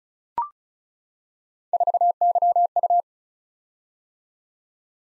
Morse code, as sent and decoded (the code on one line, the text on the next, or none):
....- -.-- ..-
4YU